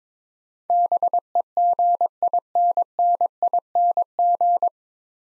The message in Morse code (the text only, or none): BEGINNING